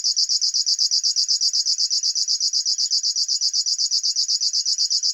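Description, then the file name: River warbler song, a continuous mechanical ticking buzz, high and even, pulsing rapidly throughout. "Schlagschwirl - Locustella fluviatilis"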